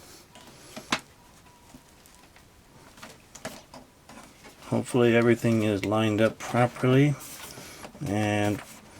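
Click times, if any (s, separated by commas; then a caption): none. A plastic Playmobil City Life Modern Luxury Mansion (set 5574, 2013) toy building part is being handled and lined up to go into the mansion structure, with a few small plastic taps and knocks, the sharpest near 0.9 s, while someone talks. Nothing has seated or clicked yet; the part is not yet home when the clip ends.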